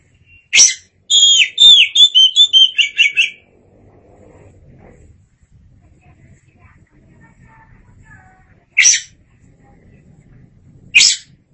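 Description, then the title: Oriental magpie-robin song, a sharp note then a fast repeated run of clear whistled slurs, followed by two isolated sharp notes after a long pause. "Suara Kicauan Burung Kacer Durasi Panjang"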